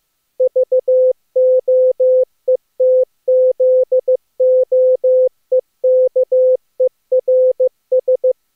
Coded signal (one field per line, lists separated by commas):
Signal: Morse code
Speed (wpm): 15 wpm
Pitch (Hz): 510 Hz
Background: none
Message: VOETZOEKERS